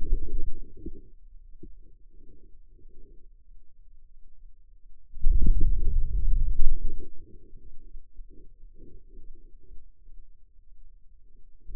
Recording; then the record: forearm muscle sounds (acoustic myography)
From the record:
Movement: wrist flexion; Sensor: system 2, bracelet of six BSWA MPA416 microphones around the upper forearm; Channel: 5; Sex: male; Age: 22 years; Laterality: right